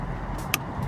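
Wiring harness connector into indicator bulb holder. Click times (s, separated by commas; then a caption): 0.5 s. A wiring harness plug is pushed back onto the rear indicator bulb holder of a Ford Fiesta ST during an Autobeam performance indicator install. A single short, sharp click at 0.5 s rises above a steady low background hum, and the connector is seated.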